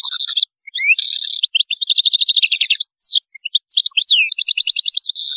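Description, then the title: European goldfinch song, busy and nearly continuous, mixing harsh buzzy notes with fast tinkling trills and upward-flicking chirps. "Chant Chardonneret"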